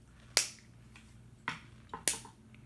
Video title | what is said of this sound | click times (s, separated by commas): Fantasy Jewel transformation fixes. | we click these guys outward those are one of the few things that really snap into place well | 0.4 s, 1.5 s, 2.1 s